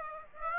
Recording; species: mosquito wingbeat signal from an infrared sensor; Aedes aegypti